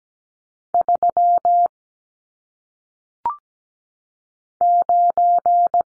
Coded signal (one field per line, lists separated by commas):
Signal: Morse code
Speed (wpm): 17 wpm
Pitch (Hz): 700 Hz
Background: none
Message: 3 9